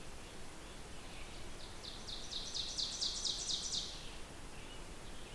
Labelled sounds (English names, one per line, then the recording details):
Ovenbird song
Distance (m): 55 m
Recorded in boreal forest in Alberta, Canada, on 16 June 2016 at 08:33
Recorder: SongMeter 3, array SBT-3-32
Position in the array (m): 166 m, 31 m
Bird 36